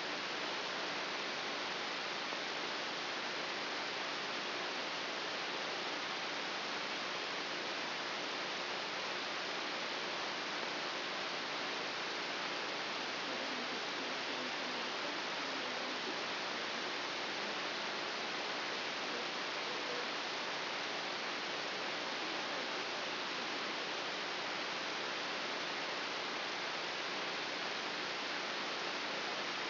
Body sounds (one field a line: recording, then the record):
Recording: brain microelectrode recording played as sound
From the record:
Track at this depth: inside the subthalamic nucleus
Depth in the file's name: 4.201 mm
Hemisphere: right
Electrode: 3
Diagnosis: Parkinson's disease